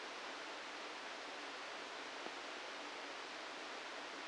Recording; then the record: brain microelectrode recording played as sound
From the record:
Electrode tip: outside the subthalamic nucleus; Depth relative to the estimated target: 0 mm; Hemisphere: right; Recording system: NeuroSet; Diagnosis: Parkinson's disease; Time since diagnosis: 13 years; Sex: male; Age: 65 years